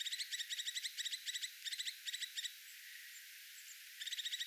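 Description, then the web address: Crested tit giving rapid buzzy trilled call series, each burst of high clipped notes repeated in quick rows, pausing briefly before resuming at the end. Alarm or attention calling, recorded 6 January 2025. "paivat 6 1 2025 toyhtotiaisen ilm huomioaantelya"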